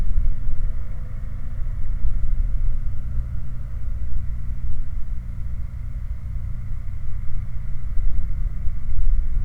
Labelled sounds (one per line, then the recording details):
machinery
flare stack
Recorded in the Prudhoe Bay oil fields, Alaska, on 8 July 2019 at 01:03
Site 29